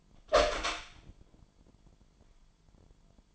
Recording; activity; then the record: daily activity, microphone in the room; open door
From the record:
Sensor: 5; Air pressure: 998.5 hPa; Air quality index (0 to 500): 82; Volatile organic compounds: 1 ppm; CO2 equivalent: 934 ppm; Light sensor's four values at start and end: 33/80/33/36 and 33/80/33/37